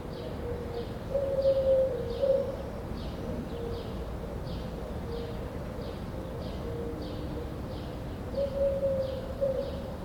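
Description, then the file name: Common cuckoo calling: two-note low hoots heard twice several seconds apart, with repeated high chirping and a constant rushing background. Recorded at dawn from an outdoor balcony. "Suma extbalcon aube coucou"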